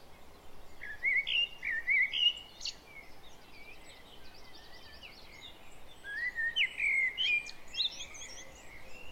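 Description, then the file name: Common blackbird producing a run of fluted, slurred notes followed by a longer warbling phrase with high squeaky twitters, amid steady background hiss. "Turdus merula"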